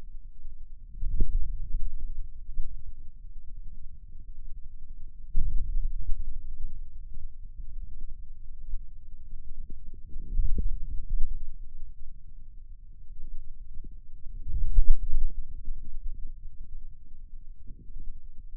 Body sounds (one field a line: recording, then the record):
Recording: forearm muscle sounds (acoustic myography)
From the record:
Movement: wrist extension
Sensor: system 2, bracelet of six BSWA MPA416 microphones around the upper forearm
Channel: 1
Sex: male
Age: 22 years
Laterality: right